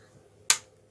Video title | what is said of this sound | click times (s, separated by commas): Zte x max screen and display assembly replacement | just hear a popping and that's okay it just means the clips are coming out of their place | 0.5 s